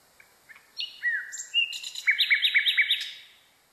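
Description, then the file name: Nightingale song: a few soft notes, then clear whistles, ending in a quick run of several sharp repeated notes. "kicauan nightingale. omkicau"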